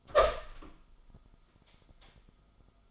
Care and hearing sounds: daily activity, microphone in the room; open door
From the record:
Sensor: 5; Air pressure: 1004.9 hPa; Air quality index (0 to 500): 102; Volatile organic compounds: 2 ppm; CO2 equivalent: 1241 ppm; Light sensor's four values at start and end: 34/79/32/30 and 34/79/32/30

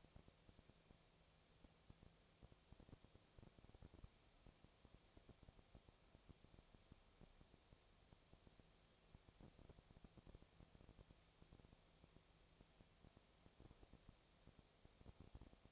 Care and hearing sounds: daily activity, microphone in the room; no activity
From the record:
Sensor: 1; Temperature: 19.8 degrees Celsius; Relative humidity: 37.9%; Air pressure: 998.8 hPa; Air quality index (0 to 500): 233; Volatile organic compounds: 134 ppm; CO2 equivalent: 3949 ppm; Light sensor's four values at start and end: 1/2/1/1 and 1/2/1/1

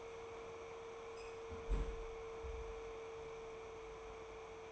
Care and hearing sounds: daily activity, microphone in the room; close fridge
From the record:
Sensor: 1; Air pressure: 1015.0 hPa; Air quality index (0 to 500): 193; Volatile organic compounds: 21 ppm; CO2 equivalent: 2736 ppm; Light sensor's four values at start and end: 31/78/33/40 and 28/70/30/35

